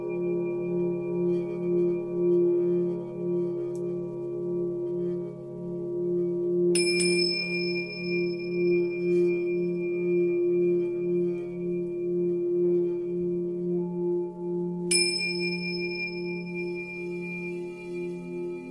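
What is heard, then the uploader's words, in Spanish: Singing bowls hum in a steady, wavering low drone, with two bright metallic strikes ringing out near seven and fifteen seconds. Meditación con cuencos.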